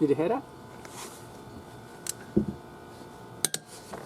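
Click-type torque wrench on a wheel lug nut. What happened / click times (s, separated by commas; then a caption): The torque wrench clicked at its setting / 3.5 s. Someone talks as a lug nut on a wheel is tightened again with the click-type torque wrench from a DEWALT DWMT82839 tire change kit. The wrench gives a sharp double click at about 3.5 s as it reaches its setting, meaning the nut is tight enough because it had already been torqued.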